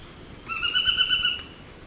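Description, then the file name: Narino tapaculo giving one quick burst of rapid, even, pulsed notes lasting about a second over faint background hiss. "Scytalopus vicinior - Narino Tapaculo"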